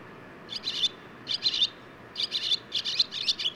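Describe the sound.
Barn swallow uttering quick groups of sharp, chattering chirps, two or three notes per group, with a soft background hiss.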